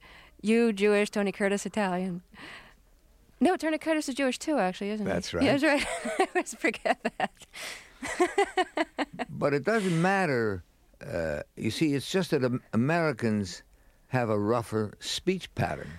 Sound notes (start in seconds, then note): 5.7 laughter; 8.0 laughter